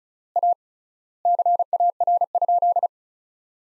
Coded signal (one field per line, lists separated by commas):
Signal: Morse code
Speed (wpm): 36 wpm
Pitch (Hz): 700 Hz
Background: none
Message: A CAR?